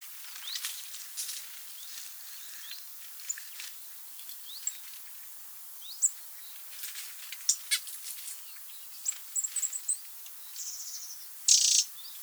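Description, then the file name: Eurasian wren giving sharp, dry ticking calls in irregular bursts, grouped more thickly toward the end, over a steady faint hiss with thin high notes from other birds. "Troglodytes troglodytes"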